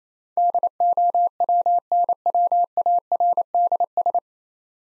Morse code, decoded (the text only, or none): DOWNWARDS